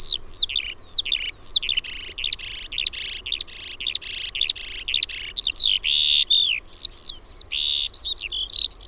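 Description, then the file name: Eurasian skylark singing a continuous, rapid medley of high twittering notes, buzzy trills and sliding whistles with hardly a break. "KIURU"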